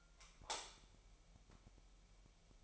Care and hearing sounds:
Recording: daily activity, microphone in the room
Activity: light off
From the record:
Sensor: 1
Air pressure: 1001.9 hPa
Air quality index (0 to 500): 250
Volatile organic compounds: 54 ppm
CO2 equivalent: 3346 ppm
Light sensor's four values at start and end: 9/27/10/12 and 5/11/4/5

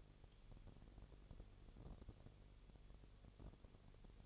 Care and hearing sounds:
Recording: daily activity, microphone in the room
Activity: no activity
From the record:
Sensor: 4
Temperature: 22.7 degrees Celsius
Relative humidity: 32.0%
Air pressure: 1008.1 hPa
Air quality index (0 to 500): 114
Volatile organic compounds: 2 ppm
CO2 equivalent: 1105 ppm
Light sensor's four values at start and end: 2/3/1/1 and 2/3/1/1

